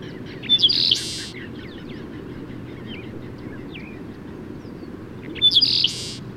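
Bird song: a short whistled note running into a loud buzzy rasp, given twice about five seconds apart, with faint chirps between and a low steady rumble.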